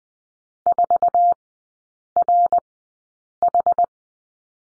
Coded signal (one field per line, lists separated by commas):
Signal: Morse code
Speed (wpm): 20 wpm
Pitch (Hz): 700 Hz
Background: none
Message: 4RH